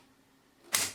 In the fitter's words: I believe you can just slide it back in let's have a little look they do indeed click into place really easily like so